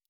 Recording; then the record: hydrophone in a shrimp aquaculture tank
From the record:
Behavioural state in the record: normal